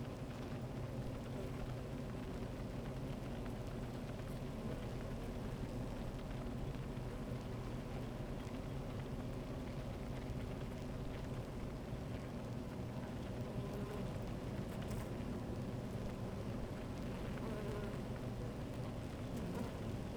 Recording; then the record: honeybee colony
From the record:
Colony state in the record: active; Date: 28 July 2017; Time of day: 13:40